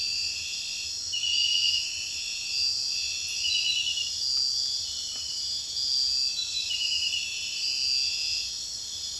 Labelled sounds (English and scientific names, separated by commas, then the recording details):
none
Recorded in secondary vegetation near Puerto Asís, Putumayo, Colombia, on 9 March 2025 at 03:30
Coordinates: 0.498, -76.327
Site G001